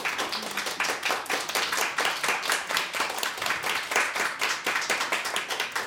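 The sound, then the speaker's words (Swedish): Steady applause from a group, many overlapping hand claps forming a dense, crackling patter that stays at an even loudness for the whole stretch, with no voices. “En stor applåd”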